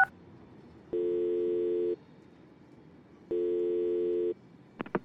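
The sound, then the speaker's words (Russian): A telephone ringback tone from a call placed on a touchscreen mobile phone sounds twice, each a steady, buzzy mid-pitched tone lasting about a second, separated by a long silent gap, followed by a few quick clicks at the end. “я набираю в телефонной книге «Спири». И мягкостью большого пальца жму в надпись «Дмитрий Спирин» на залапанном экране телефона”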